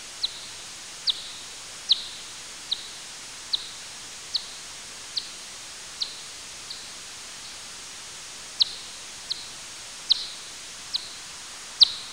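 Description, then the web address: Bat echolocation pulses: brief ticking clicks, about fifteen in twelve seconds with one slightly longer gap, over a soft continuous hiss. "Fledermaus"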